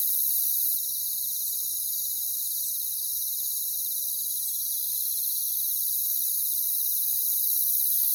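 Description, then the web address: Crickets producing an unbroken high, ringing trill, steady throughout. "ENTER Music and Audio J - Nature Songs Nature Sounds Sounds of Nature Collection Crickets"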